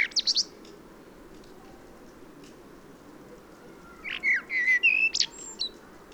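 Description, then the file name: Common blackbird singing: a brief high squeak, several seconds of quiet, then a fluty, warbled phrase of slurred whistles ending in thin high notes. "Turdus merula"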